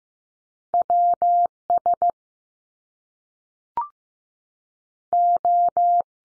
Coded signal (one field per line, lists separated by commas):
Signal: Morse code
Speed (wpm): 15 wpm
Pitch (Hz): 700 Hz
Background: none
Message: W S O